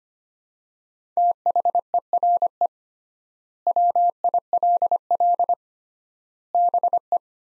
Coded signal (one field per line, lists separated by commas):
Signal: Morse code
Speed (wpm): 25 wpm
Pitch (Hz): 700 Hz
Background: none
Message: THERE WILL BE